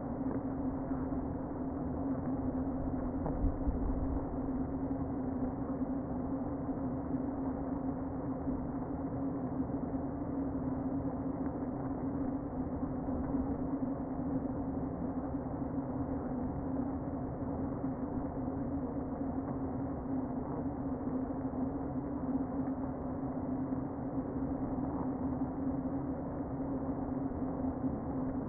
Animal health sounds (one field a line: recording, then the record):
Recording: honeybee colony, microphone inside the hive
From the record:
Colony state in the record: queen present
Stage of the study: before two queens were removed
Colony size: about 60,000 bees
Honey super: yes